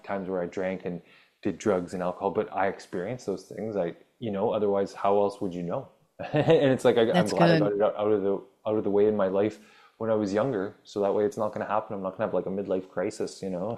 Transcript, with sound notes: times where I drank and did drugs and alcohol, but I experienced those things, I, you know, otherwise, how else would you know? (laughs) And it's like I-
That's gonna-
... I'm glad I brought it out, out of the, out of the way in my life when I was younger, so that way it's not gonna happen. I'm not gonna have, like, a midlife crisis, you know?